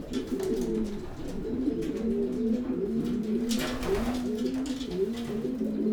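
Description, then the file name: Pigeon cooing, a steady stream of low burbling coos. "holub"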